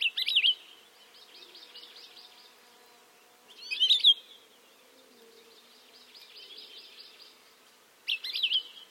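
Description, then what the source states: Palila: three loud warbled bursts, with quieter runs of repeated buzzy, rolling notes between them. Hawaiian bird whose name is meant to evoke its call; recorded in Hawaii.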